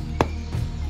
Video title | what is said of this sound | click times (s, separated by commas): GIGANTIC Jurassic World Dino Biggest-to-Smallest Lineup - T-Rex, I-Rex, Giganotosaurus, & More! | click this first one in | 0.2 s